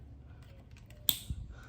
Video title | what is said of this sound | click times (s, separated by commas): EB60 Transmission Fix 2011-2016 Scion tC | hear that click, and then there's a ball in there. | 1.1 s